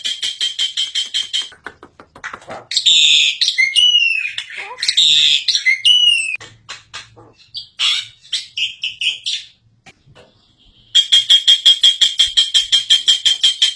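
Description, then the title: Black-winged myna song: fast buzzy rattling series, loud squealing whistles with slurred notes, scattered clicks, then another rapid buzzy burst at the end. Dense, varied singing of a bird in full song, used to train captive songbirds. "Kicauan Rapat Jalak Putih Gacor Banyak Variasi Untuk Masteran"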